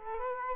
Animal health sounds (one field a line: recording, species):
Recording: mosquito wingbeat signal from an infrared sensor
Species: Culex quinquefasciatus